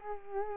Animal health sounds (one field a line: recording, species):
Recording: mosquito wingbeat signal from an infrared sensor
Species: Culex quinquefasciatus